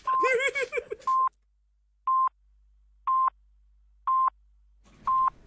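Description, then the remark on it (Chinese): A voice speaks briefly, then a series of five short telephone dialing tones follows, evenly spaced about a second apart, each a clear mid-pitched electronic beep against near silence. “转下个电话轮拨下啦，好，稍后时间继续摄影祠堂。”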